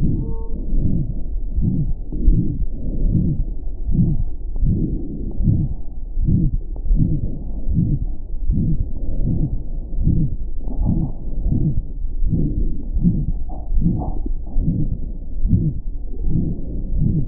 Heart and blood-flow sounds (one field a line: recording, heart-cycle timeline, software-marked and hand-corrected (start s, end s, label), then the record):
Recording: heart sounds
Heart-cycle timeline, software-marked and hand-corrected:
0.00	0.10	S1
0.10	0.21	systole
0.21	0.31	S2
0.31	0.72	diastole
0.72	0.86	S1
0.86	1.01	systole
1.01	1.11	S2
1.11	1.54	diastole
1.54	1.66	S1
1.66	1.81	systole
1.81	1.93	S2
1.93	2.26	diastole
2.26	2.44	S1
2.44	2.55	systole
2.55	2.63	S2
2.63	3.02	diastole
3.02	3.16	S1
3.16	3.31	systole
3.31	3.43	S2
3.43	3.86	diastole
3.86	3.96	S1
3.96	4.05	systole
4.05	4.21	S2
4.21	4.62	diastole
4.62	4.76	S1
4.76	4.89	systole
4.89	4.99	S2
4.99	5.44	diastole
5.44	5.60	S1
5.60	5.75	systole
5.75	5.83	S2
5.83	6.26	diastole
6.26	6.40	S1
6.40	6.49	systole
6.49	6.57	S2
6.57	6.88	diastole
6.88	7.06	S1
7.06	7.17	systole
7.17	7.27	S2
7.27	7.70	diastole
7.70	7.86	S1
7.86	7.97	systole
7.97	8.05	S2
8.05	8.46	diastole
8.46	8.60	S1
8.60	8.75	systole
8.75	8.83	S2
8.83	9.22	diastole
9.22	9.34	S1
9.34	9.47	systole
9.47	9.57	S2
9.57	10.00	diastole
10.00	10.16	S1
10.16	10.29	systole
10.29	10.37	S2
10.37	10.80	diastole
10.80	10.90	S1
10.90	11.03	systole
11.03	11.11	S2
11.11	11.44	diastole
11.44	11.56	S1
11.56	11.69	systole
11.69	11.81	S2
11.81	12.22	diastole
12.22	12.34	S1
12.34	12.45	systole
12.45	12.57	S2
12.57	12.94	diastole
12.94	13.06	S1
13.06	13.21	systole
13.21	13.31	S2
13.31	13.72	diastole
13.72	13.86	S1
13.86	14.03	systole
14.03	14.11	S2
14.11	14.56	diastole
14.56	14.68	S1
14.68	14.83	systole
14.83	14.95	S2
14.95	15.44	diastole
15.44	15.60	S1
15.60	15.73	systole
15.73	15.81	S2
15.81	16.24	diastole
16.24	16.34	S1
16.34	16.43	systole
16.43	16.53	S2
16.53	16.94	diastole
16.94	17.06	S1
17.06	17.21	systole
17.21	17.28	S2
From the record:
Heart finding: aortic stenosis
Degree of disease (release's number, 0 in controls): 4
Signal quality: good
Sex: female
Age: 80 years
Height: 1.53 m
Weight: 82 kg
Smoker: no